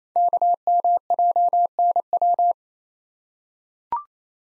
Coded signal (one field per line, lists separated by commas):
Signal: Morse code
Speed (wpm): 28 wpm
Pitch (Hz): 700 Hz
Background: none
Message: KMJNW